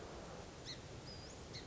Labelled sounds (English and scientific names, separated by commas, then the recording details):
Song Sparrow (Melospiza melodia)
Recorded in Sonoma County, California